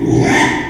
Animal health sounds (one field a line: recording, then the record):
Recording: squeal of a Yucatan mini pig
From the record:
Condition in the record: after surgery on the right vocal fold (resection and tissue-engineered implant)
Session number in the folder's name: 3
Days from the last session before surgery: 33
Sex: male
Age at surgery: 12 weeks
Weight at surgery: 13 kg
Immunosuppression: cyclosporine, prednisolone